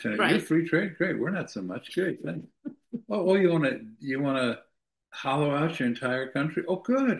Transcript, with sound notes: you're free trade? Great. We're not so much. Great. Thanks."
(laughs)
"Wh- Well, you wanna, do you wanna-"... hollow out your entire country?